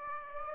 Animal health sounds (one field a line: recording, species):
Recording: mosquito wingbeat signal from an infrared sensor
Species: Aedes aegypti